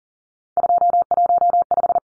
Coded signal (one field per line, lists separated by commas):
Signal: Morse code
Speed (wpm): 40 wpm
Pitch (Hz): 700 Hz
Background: none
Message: 215